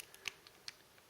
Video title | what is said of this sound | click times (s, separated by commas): Fansproject LER-02 CUBRAR Review | should hear a satisfying click like that, | 0.3 s